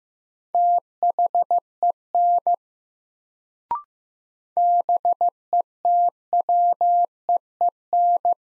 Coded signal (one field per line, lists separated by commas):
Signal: Morse code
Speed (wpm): 15 wpm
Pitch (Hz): 700 Hz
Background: none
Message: THEN BETWEEN